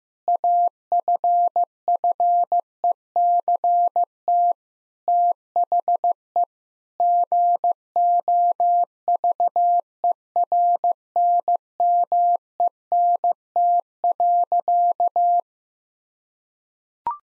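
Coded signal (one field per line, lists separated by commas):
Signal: Morse code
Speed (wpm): 16 wpm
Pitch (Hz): 700 Hz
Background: none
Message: AFFECT THE GOVERNMENT.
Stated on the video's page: Morse code head-copy practice of sentences built from the top 1000 words, sent at 15 wpm, then repeated.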